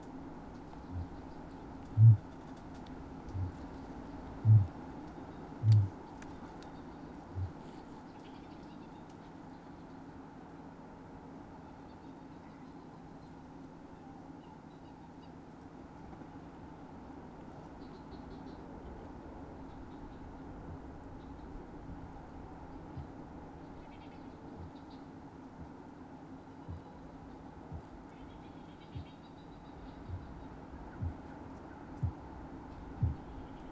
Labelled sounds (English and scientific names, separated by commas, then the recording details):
Kākāpō (Strigops habroptilus) boom
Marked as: faintness 3/5, faintness 2/5, faintness 4/5, faintness 5/5
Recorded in New Zealand
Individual Sirocco